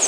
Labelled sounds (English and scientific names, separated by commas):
Pine Warbler (Setophaga pinus) flight call